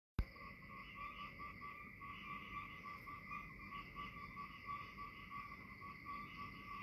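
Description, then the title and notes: Frogs calling, a steady tone with faint rapid pulsing layered over it, set against broad rain-like hiss; a sharp click opens it. "Frog Time. Frog and Rain"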